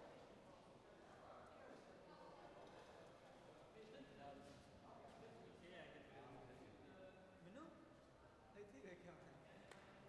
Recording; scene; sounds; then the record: everyday scene through a hearing-aid microphone; reverberant space; background noise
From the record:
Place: railway station hall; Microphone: behind the ear, right, front